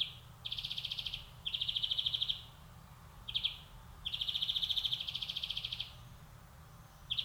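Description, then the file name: European greenfinch song made of fast rattling trills, some long and some short, repeated with brief gaps and a steady even pitch. "Chloris chloris"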